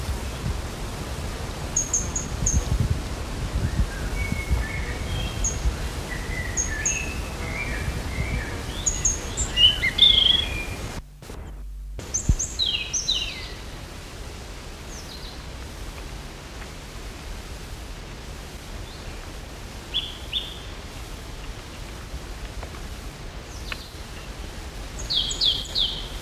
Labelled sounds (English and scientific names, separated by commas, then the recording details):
European Robin (Erithacus rubecula) call
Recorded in the wild
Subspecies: superbus
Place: Teneriffa, Kanarische Inseln, Provinz Santa Cruz de Tenerife, ES
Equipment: Halbspur, 9,5 cm/s
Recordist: Lütgens, Hans